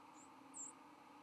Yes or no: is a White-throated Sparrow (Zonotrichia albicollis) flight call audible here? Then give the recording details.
no. Another species' flight call is heard. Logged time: 10:32 on 13 November 2014